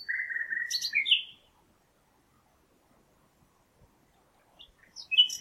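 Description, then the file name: Common nightingale song fragment: a low rattling trill ending in sharp notes, a silent gap, then a new phrase beginning. "Luscinia megarhynchos"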